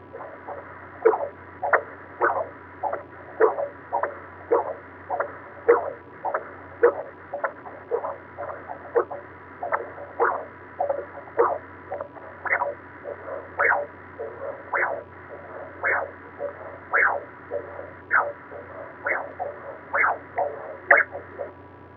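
Rapid, rhythmic whooshing pulses over a steady hum: a fetal heartbeat heard inside a sonogram through Doppler ultrasound, sound effect.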